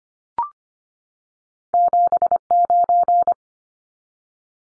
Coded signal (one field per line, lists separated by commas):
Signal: Morse code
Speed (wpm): 25 wpm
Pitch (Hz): 700 Hz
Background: none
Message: 79